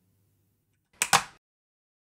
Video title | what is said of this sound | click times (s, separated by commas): Millennium Falcon - 3D Printed - May the 4th Be With You - Print Ideas - Free 3D - Star Wars Fab365 | and this bit fell off but that's fine we can just click it back in | 1.0 s